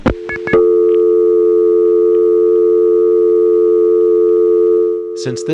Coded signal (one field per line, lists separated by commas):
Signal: telephone call progress tone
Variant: North America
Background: speech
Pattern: dial tone